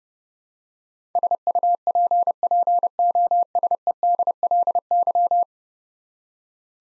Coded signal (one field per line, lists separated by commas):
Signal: Morse code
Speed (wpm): 32 wpm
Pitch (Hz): 700 Hz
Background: none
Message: SUPPOSEDLY